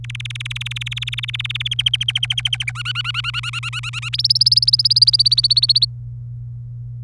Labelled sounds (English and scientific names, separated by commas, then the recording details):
Domestic Canary (Serinus canaria) song
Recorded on 26 April 2018 at 18:18
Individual llb3